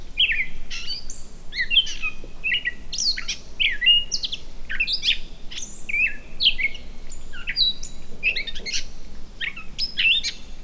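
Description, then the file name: Bird song: a busy mix of short bright chirps, trills and quick downslurred whistles throughout, with a low steady rumble beneath. "speck - Birdsong"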